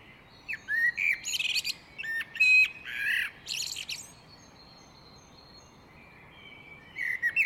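Great tit calls: several slurred whistles and rasping buzzes in the first four seconds, then near silence before a last short burst of chirps.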